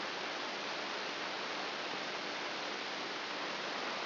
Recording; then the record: brain microelectrode recording played as sound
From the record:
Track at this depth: inside the subthalamic nucleus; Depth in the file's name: 5.64 mm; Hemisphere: right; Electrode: 2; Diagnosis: Parkinson's disease